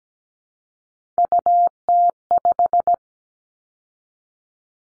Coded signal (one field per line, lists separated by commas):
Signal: Morse code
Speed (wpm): 17 wpm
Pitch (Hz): 700 Hz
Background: none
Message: UT5